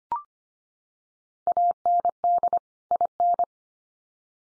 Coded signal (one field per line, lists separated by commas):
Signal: Morse code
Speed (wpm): 25 wpm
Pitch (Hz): 700 Hz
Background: none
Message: AND IN